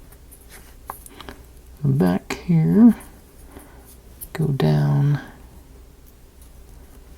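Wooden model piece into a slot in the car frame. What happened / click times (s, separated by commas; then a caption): The wooden part is handled but has not yet locked into place / none. A laser-cut wooden part of a model car kit is handled over a slot in the car frame, with a few faint taps and light handling sounds near the start while someone talks. The part has not yet been pushed down and locked into place; nothing has seated or clicked yet.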